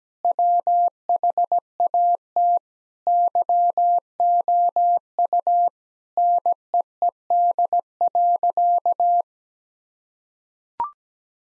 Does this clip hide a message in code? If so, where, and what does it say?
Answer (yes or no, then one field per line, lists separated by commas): yes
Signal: Morse code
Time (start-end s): 0.2-9.2 s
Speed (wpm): 17 wpm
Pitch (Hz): 700 Hz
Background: none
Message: WHAT YOU NEED.